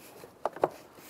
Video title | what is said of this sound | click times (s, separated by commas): How to Replace Water Pump 2005-2010 Chrysler 300 | lining up the pins and press that down to lock it into place | 0.5 s, 0.6 s